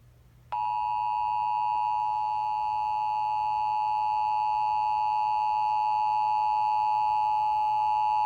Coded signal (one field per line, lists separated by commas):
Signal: Emergency Alert System (SAME) tones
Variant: 853 and 960 Hz attention tone